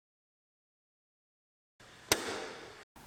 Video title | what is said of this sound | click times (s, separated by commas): Upgrade to BLACK Mercedes hood emblem on 2015+ Mercedes C300 W205 C-Class | So to install the new star, I'm just going to push it in and it should click into place. | 2.1 s